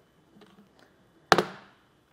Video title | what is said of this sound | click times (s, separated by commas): etrailer - Yakima HD Crossbars Roof Rack Installation - 2022 Ram 1500 | once it's clicked into place | 1.3 s